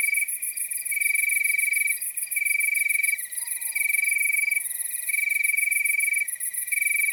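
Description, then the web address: Loud cricket chirps in bursts of about a second, backed by a high rapid trill, with a faint whistle in the middle. Nocturnal wasteland at night. "Nature Chill Out 2014. Toads, Nighthawks and Crickets"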